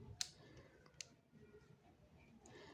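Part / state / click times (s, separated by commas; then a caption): RJ45 plug on a network cable, crimped in a crimping tool / seated / 0.2 s. An RJ45 plug on a network cable is put into a crimping tool and squeezed, giving a sharp click at 0.2 s as the crimp is done, with the plug seated. A second, quieter click follows at 1.0 s, and fainter ticks come at about 0.9 s and 2.5 s over a low background hum.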